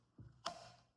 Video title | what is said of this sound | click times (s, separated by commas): The Bison big butcher Boyi Bowie 💪🏼🤩 | Real quick, listen to this audible click, too. | 0.5 s